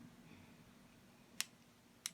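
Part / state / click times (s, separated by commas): metal jump ring ends closing together on a necklace / seated / 1.4 s, 2.1 s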